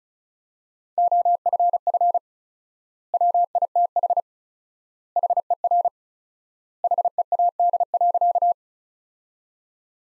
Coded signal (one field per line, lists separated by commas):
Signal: Morse code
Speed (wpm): 34 wpm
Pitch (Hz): 700 Hz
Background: none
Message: OFF WITH HER HEAD.